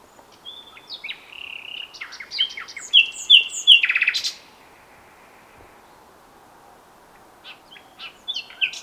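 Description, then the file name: Common nightingale song: whistled notes building into rich buzzy trills and a loud rattling phrase, then silence and a few scattered chirps. "Luscinia megarhynchos"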